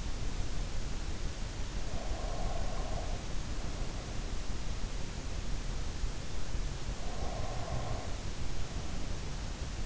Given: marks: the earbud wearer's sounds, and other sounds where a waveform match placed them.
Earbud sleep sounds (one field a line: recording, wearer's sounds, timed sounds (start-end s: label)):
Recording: sounds in sleep by an in-ear microphone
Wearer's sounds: breath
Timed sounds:
1.48-4.53 s: breath
6.74-9.86 s: breath